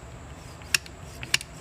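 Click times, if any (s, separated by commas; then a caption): none. A Ruger 10/22 rifle's trigger group is handled over its receiver during reassembly after cleaning, with sharp metallic ticks at 0.8 s and 1.3 s and fainter ones at 1.2 s and 1.4 s over a low background hum. These are handling sounds only: the trigger group has not yet seated or clicked into the receiver.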